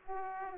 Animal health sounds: mosquito wingbeat signal from an infrared sensor; Aedes aegypti

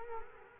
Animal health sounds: mosquito wingbeat signal from an infrared sensor; Culex quinquefasciatus

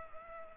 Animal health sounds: mosquito wingbeat signal from an infrared sensor; Culex pipiens

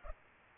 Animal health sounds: mosquito wingbeat signal from an infrared sensor; Aedes aegypti

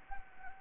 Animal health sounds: mosquito wingbeat signal from an infrared sensor; Anopheles gambiae

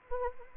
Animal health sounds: mosquito wingbeat signal from an infrared sensor; Anopheles arabiensis

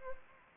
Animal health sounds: mosquito wingbeat signal from an infrared sensor; Anopheles arabiensis

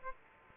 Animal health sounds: mosquito wingbeat signal from an infrared sensor; Aedes aegypti

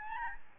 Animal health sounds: mosquito wingbeat signal from an infrared sensor; Aedes albopictus

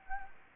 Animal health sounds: mosquito wingbeat signal from an infrared sensor; Anopheles gambiae

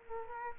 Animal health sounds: mosquito wingbeat signal from an infrared sensor; Culex quinquefasciatus

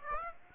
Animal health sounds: mosquito wingbeat signal from an infrared sensor; Aedes aegypti

